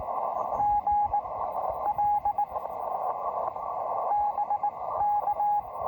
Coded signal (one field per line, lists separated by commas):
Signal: Morse code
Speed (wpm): 19 wpm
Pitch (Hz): 820 Hz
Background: radio noise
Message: GL BK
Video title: The Coolest Location For A First CW POTA Activation